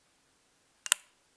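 A walking cane's inner aluminium shaft is slid down until its spring push-button pops into the next height adjustment hole. In an otherwise quiet clip, two sharp clicks sound at 0.9 s and 0.9 s, the second louder. The button seats in the hole.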